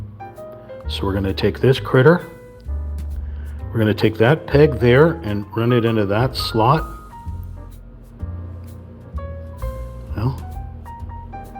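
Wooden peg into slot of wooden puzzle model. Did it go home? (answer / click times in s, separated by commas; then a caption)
no / none. A peg on a wooden model piece for a 3D wooden puzzle of the Kyoto Matcha Cottage is handled and lined up to run into a slot in another wooden part, with someone talking over background music. Faint handling sounds are heard, and nothing has seated or clicked yet.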